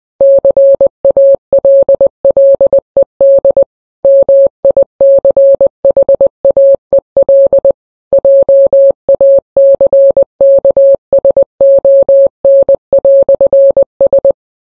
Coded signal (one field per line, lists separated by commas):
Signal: Morse code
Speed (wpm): 20 wpm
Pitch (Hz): 550 Hz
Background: none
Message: CALLED MICHAEL JACKSON"S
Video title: A Secret Message In Morse Code